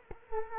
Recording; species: mosquito wingbeat signal from an infrared sensor; Culex quinquefasciatus